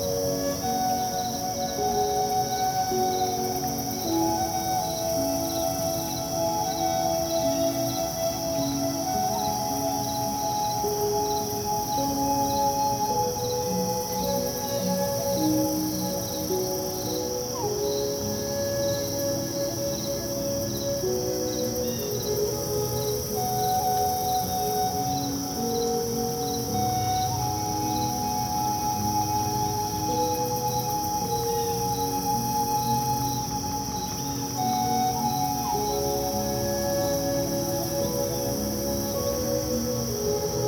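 Insects chirp by a lake in a dense, unbroken chorus, a steady high pulsing trill running the whole time over a hum of lower calls. Clear tones drift and overlap in the middle range, and the overall level never rises or falls.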